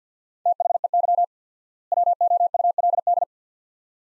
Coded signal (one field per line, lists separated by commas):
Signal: Morse code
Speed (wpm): 50 wpm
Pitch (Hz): 700 Hz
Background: none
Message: THEY WOULD